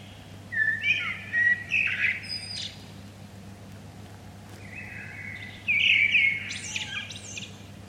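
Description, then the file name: Common blackbird song: two separate phrases, each a low mellow warble rising into scratchy high twittering, with a pause of about two seconds between them; faint hum throughout. "Turdus merula"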